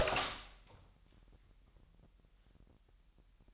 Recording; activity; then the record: daily activity, microphone in the room; open door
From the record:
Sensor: 3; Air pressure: 998.4 hPa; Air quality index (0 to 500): 141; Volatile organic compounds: 4 ppm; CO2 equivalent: 1691 ppm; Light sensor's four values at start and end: 16/46/19/17 and 16/46/19/17